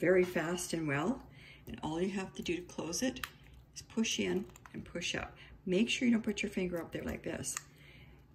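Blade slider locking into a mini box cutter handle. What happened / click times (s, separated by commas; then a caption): Handled, blade slider not yet locked / none. Someone talks while handling a small plastic, cloud-shaped mini retractable box cutter, working its thumb slider that extends and retracts the metal blade, with faint handling noise under the voice. The slider has not yet clicked into its lock; nothing has seated by the end of the clip.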